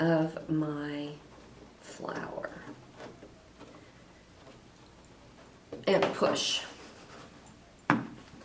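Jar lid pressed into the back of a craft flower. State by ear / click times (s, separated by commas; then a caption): seated / 7.9 s. A jar lid piece is pressed into the back of a craft flower while someone talks. A sharp, loud pop at 7.9 s marks the lid sealing and seating in place.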